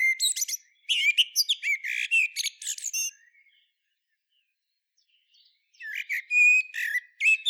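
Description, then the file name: Common blackbird sharp chirps and scratchy twitters for three seconds, a silent stretch, then more loud high squeaks and chirps. "Turdus merula"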